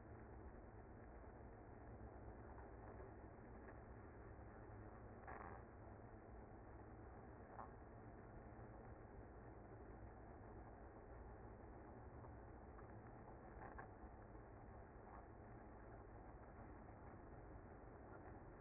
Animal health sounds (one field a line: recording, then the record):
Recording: honeybee colony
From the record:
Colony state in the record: active